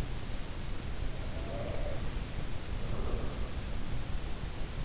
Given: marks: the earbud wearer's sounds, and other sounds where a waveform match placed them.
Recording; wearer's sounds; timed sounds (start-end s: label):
sounds in sleep by an in-ear microphone; breath
0.78-4.27 s: breath
1.41-2.17 s: sound from someone else or the room